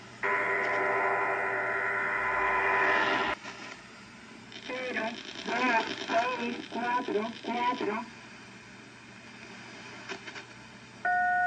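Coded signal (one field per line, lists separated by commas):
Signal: numbers station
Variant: HM01, Cuban Lady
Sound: three seconds of rushing data hiss, then about six evenly spaced spoken words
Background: radio static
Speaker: and there you have the shortwave numbers station known as hm01 or the cuban lady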